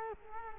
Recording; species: mosquito wingbeat signal from an infrared sensor; Culex quinquefasciatus